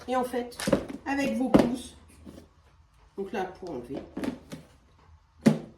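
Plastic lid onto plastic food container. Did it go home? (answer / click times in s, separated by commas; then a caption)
yes / 5.5 s. Someone talks while a plastic lid with two small thumb tabs is pressed back onto a plastic food storage container. A sharp click at 5.5 s marks the lid clipping on and seating, and it holds.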